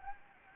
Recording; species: mosquito wingbeat signal from an infrared sensor; Anopheles gambiae